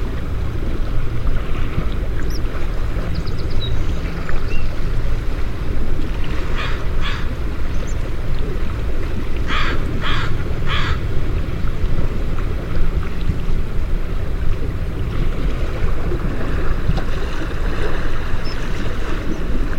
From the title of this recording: sounds of nature